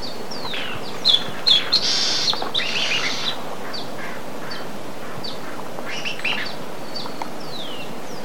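Bird calls: thin down-slurred whistles and sharp chirps come irregularly, with a brief busy burst of buzzy notes near the second second, over constant background hiss.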